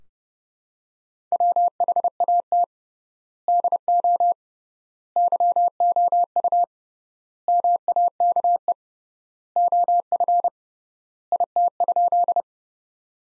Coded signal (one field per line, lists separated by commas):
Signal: Morse code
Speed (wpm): 29 wpm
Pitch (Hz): 700 Hz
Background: none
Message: WHAT DO YOU MAKE OF IT?